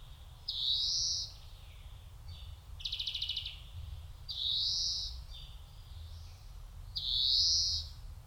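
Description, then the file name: European greenfinch giving drawn-out, buzzy wheezing calls: three long nasal notes with a short rapid trill between the first two, over low rumbling background noise. "Chloris chloris"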